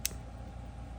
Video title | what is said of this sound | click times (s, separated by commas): Fidget Collection Update - October 2023 | you hear that click | 0.0 s